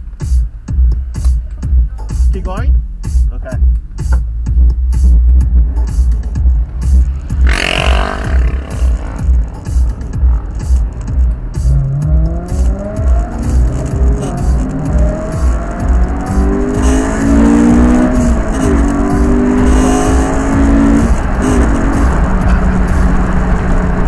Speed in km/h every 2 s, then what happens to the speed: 0, 0, 2, 10, 16, 27, 37, 53, 72, 93, 106, 118.
0-4 standing. 4-24 pulls away to 118.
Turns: 5-9.